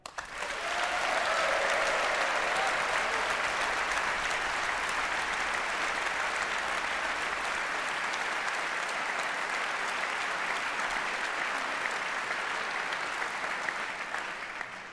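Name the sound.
audience applause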